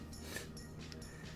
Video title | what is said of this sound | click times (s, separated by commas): Old Guy's Gentleman Flippers #19: Le Opinel #6 & #8 | does it locks in place some | 0.9 s